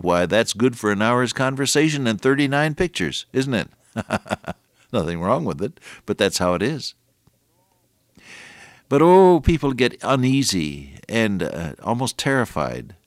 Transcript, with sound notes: Why, that’s good for an hour’s conversation and 39 pictures, isn’t it? [chuckle] Nothing wrong with it, but that’s how it is. But, oh, people get uneasy and almost terrified.